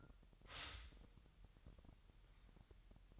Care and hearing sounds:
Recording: daily activity, microphone in the room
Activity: stop toaster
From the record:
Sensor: 3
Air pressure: 1001.9 hPa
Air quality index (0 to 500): 246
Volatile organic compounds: 50 ppm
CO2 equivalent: 3295 ppm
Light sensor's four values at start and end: 13/40/17/15 and 13/40/17/15

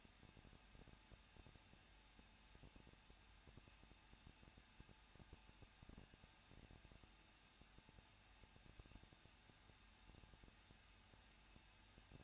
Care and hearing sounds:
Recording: daily activity, microphone in the room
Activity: no activity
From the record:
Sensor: 2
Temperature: 21.0 degrees Celsius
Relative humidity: 37.5%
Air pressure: 1006.3 hPa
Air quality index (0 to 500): 223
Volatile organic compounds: 25 ppm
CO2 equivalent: 2835 ppm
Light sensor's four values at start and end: 2/3/2/2 and 2/3/2/2

